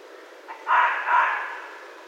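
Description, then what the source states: Red fox gives a faint lead-in note, then a loud, throaty two-part bark with a raspy, broad tone that tails away into hiss. Recorded on 16 January 2012.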